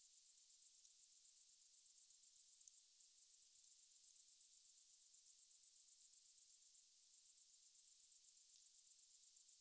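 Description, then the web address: Crickets chirping, a very high, steady pulsed trill of rapid regular chirps, broken by two brief pauses near three and seven seconds. "best service Blue Box animals crickets"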